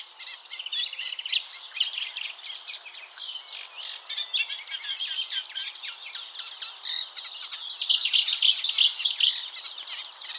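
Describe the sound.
Warbler song of fast, high twittering notes that grows denser and louder in the second half into a rapid chattering stream.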